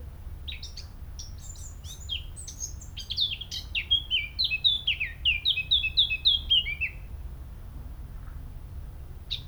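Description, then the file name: Eurasian blackcap song: a scratchy, high twittering warble opening into a loud run of clear, fluty, down-slurred notes before stopping; steady low hum underneath. "Sylvia atricapilla"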